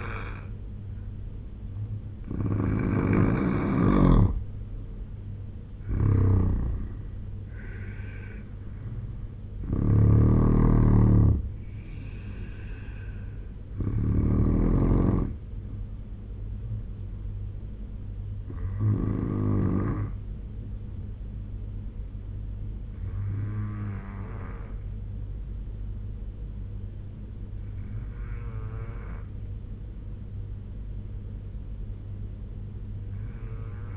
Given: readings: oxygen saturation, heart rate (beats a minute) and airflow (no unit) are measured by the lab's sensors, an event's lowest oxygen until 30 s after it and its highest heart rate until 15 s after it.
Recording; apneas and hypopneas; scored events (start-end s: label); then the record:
breathing in sleep by a smartphone at the bedside; none
none scored
From the record:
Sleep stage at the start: N2 (light sleep); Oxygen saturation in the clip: 84 to 95%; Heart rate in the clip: 68 to 83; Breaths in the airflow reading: 6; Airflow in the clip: -5.0 to 7.1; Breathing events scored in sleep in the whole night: 201 in 6.5 hours asleep